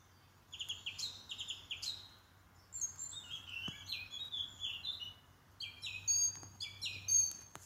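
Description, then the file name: Bird singing: bright, sweet whistled notes and quick chirps in short phrases, some notes rising and falling, with a faint steady low hum underneath. "oiseau"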